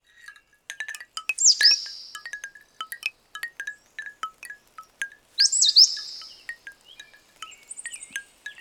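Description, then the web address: Bird sounds: two louder high, slurred twittering bursts among many short dry ticking notes throughout. Birds in woodland. "Nokia ! Nokia Design Team Sound Cloud Alerts 2014 Birds in the Woods"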